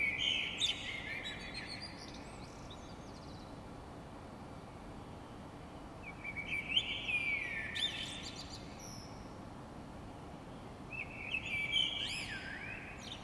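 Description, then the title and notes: Bird song: three separate warbling phrases of rapid, varied notes with high whistled sweeps, spaced well apart, over a constant quiet background hiss. Heard in the middle of the night in the courtyard of an apartment in Paris; recorded by Stefana Fratila for the Music for Sleep project. "Parisian bird singing in the middle of the night. I woke up in the middle of the night and heard this beautiful birdsong in the courtyard of the apartment I was staying in. Recorded by Stefana Fratila. Part of the Music for Sleep project"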